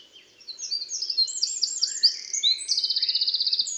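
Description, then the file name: Eurasian wren song rising in loudness, tumbling high chirps leading into a fast, even trill of rapid pulses at the end. "Troglodytes troglodytes 301298"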